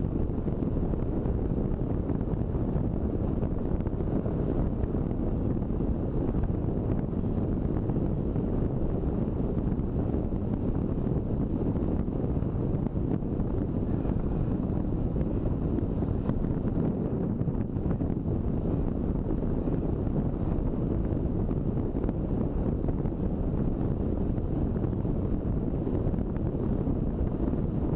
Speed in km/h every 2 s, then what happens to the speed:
45, 43, 43, 43, 43, 43, 43, 43, 43, 44, 44, 43, 42, 42.
0-28 steady at about 43.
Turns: none.